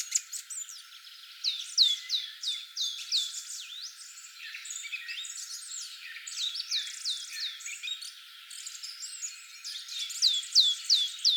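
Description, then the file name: Great tit calls, bursts of three to five downward-hooked high notes in quick series, repeated throughout with other faint bird calls behind. "Parus major"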